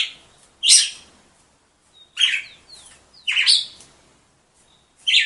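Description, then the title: Red-cowled cardinal song in short, loud, rich phrases in separate bursts, mixed with thin sliding whistles between bursts. "Galo De Campina"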